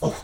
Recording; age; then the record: pig call; piglet (1 to 25 days)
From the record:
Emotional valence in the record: negative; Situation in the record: restrain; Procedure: in the arms of a person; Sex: male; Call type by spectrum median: low-frequency call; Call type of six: low-frequency stable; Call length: 0.24 s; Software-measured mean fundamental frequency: 50 Hz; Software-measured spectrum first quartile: 242 Hz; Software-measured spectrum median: 493 Hz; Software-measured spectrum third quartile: 986 Hz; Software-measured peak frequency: 151 Hz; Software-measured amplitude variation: 114 dB a second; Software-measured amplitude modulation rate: 10.5 a second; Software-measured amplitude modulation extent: 10.8 dB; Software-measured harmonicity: 3.1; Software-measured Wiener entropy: -0.63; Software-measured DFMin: 1174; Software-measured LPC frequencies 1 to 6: 522, 2020, 3229, 4128, 5907, 7051 Hz